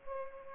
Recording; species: mosquito wingbeat signal from an infrared sensor; Culex pipiens